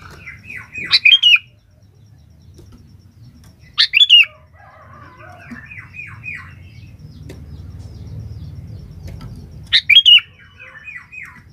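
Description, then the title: Sooty-headed bulbul song with three loud, harsh, rising-falling bursts spaced a few seconds apart, between softer chattering runs of quick downslurred notes; low hum beneath. "Kutilang"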